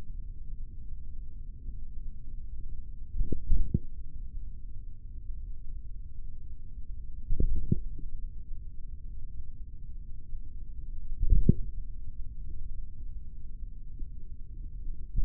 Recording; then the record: forearm muscle sounds (acoustic myography)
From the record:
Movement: tripod grip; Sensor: system 3, bracelet of six PUI Audio POM-2738L microphones around the upper forearm, with dedicated amplification and filtering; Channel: 1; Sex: male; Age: 43 years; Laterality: right